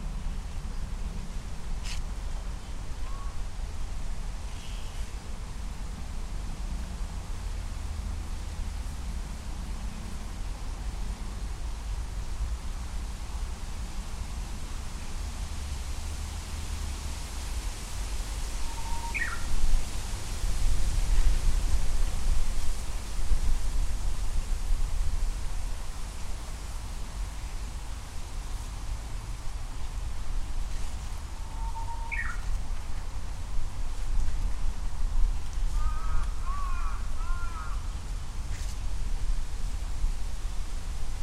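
Japanese bush warbler song rises clearly twice, near 19 and 32 seconds, each a held low note followed by a quick upward flourish, with a short chattering burst of calls around 36 seconds. Under it all runs a steady traffic rumble and hiss that swells mid-clip.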